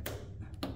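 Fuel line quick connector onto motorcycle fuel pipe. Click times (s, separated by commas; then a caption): 0.6 s. A fuel line quick connector, lubed with a little fuel for its rubber seal, is pushed firmly onto the fuel pipe of a Kawasaki Ninja 400 or Ninja 500 motorcycle. A short tap is heard at 0.1 s, then a sharp click at 0.6 s as the connector seats all the way on.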